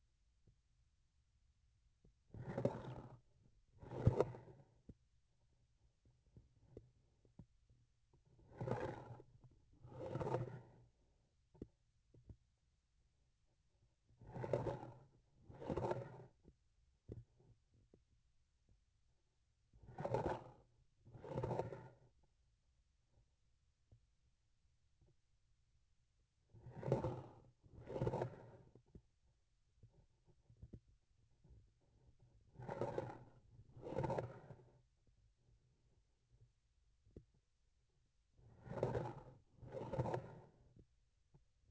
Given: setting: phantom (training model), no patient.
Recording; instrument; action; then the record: laparoscopic instrument, vibration sensor on the handle end; grasping forceps; approaching and retracting movements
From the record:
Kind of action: spatial motion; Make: other than Olympus